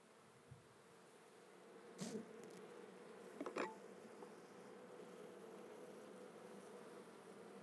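Bee buzzing, a steady low hum that swells slightly and holds throughout, with a few sharp taps or knocks near the middle.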